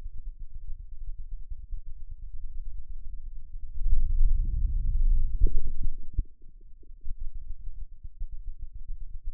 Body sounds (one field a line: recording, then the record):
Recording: forearm muscle sounds (acoustic myography)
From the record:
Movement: wrist flexion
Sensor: system 2, bracelet of six BSWA MPA416 microphones around the upper forearm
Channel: 4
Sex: male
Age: 22 years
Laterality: right